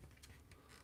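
A piece of a 12x12 picture frame is being handled and slid into the frame, with low rumbling and two brief sharp ticks near 0.2 and 0.5 seconds. Nothing has seated or clicked yet; the piece is not home by the end of the clip.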